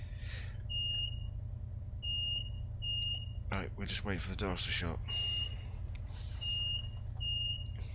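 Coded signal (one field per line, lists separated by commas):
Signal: none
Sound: train simulator warning beeps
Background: speech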